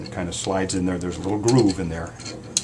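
Someone talks while a cutter bar is handled and slid along a small groove back into a Xyron 2500 laminating machine. The bar has not yet clicked into its seat, so nothing has seated yet.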